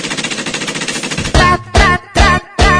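A rapid, rattling burst of machine gun fire runs for about a second, followed by four loud, heavy bursts separated by short gaps, with no talking.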